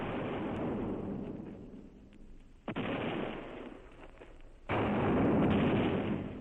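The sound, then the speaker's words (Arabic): Heavy booming blasts of cannon and rocket fire set off in broad daylight after the canal was ordered opened, a loud sustained rumble punctuated by two sharp bursts that each kick off a louder, roaring barrage. No voices. “يقول فيها انه شاف بعينه ارتفاع المية عند السد وامر بفتح الخليج، والعمل تم على ما يرام، وبعدين يروحوا ضربين المدافع والصواريخ في عز الأيالة.”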